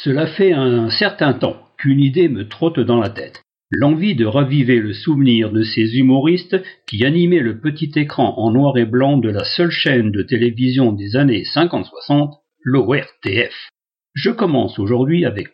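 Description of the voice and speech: An adult male radio host on Radio Bois-Genève speaks in French with normal speech, a steady, fluent monologue with brief pauses.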